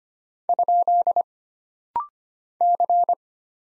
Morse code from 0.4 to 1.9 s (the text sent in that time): ?